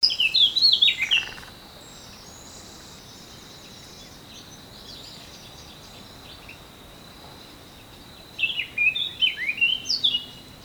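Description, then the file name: Eurasian blackcap warbling bursts, a quick jumble of bright notes at the start and another scratchy-sweet phrase near the end, separated by quiet with a faint steady high hum. "Sylvia atricapilla"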